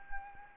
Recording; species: mosquito wingbeat signal from an infrared sensor; Anopheles arabiensis